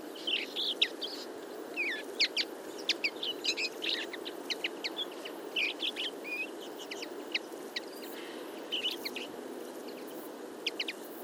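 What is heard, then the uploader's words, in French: A large flock of common linnets feeds in a field, giving a dense chatter of short twittering calls and quick chirps that overlap almost without pause. The calls are bright, over a steady low rumble of wind or traffic. Linotte mélodieuse en fin d'été. Durant une heure avec ma parabole monophonique (c'est à dire avec un seul microphone), j'ai suivi une troupe d'une cinquantaine de Linotte mélodieuse se nourrissant dans le champ.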